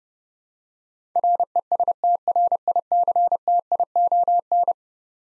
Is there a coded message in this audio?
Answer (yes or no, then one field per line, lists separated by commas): yes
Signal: Morse code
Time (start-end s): 1.2-4.7 s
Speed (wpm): 30 wpm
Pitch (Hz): 700 Hz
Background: none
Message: RESTRICTION